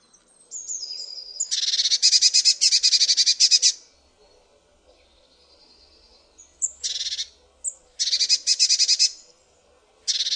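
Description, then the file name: Eurasian blue tit giving harsh, buzzy churring scolds, a long rapid rattle then several shorter bursts, with thin high notes in between. "MODRASZKA"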